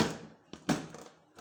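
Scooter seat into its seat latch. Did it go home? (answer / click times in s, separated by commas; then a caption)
yes / 0.7 s. A hinged United scooter seat is pushed down onto its seat latch, giving a small knock at 0.5 s and then a sharp hit at 0.7 s, followed by a faint tap near 1.0 s. The seat latch locks shut at 0.7 s, and the seat is seated.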